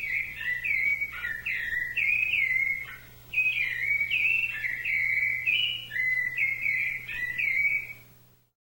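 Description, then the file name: Thrush singing a long series of fluty, slurred whistled notes with brief breaks between phrases, ending in silence; low hum throughout. "SABIA"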